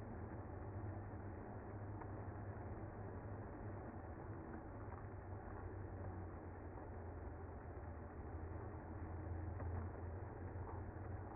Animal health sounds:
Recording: honeybee colony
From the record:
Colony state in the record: active

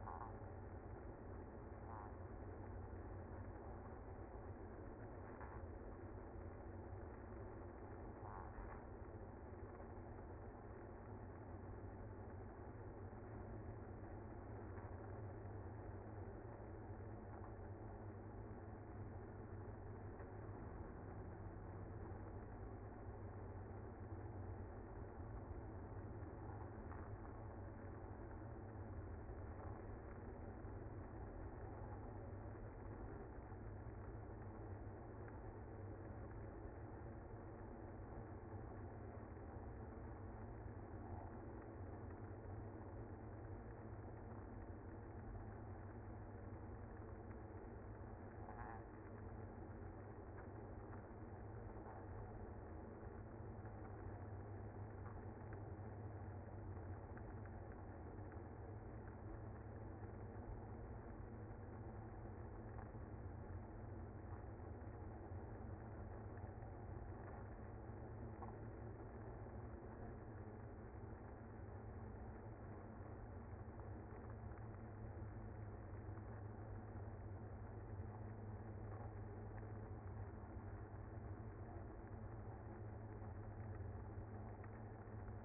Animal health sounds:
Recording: honeybee colony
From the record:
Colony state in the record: active

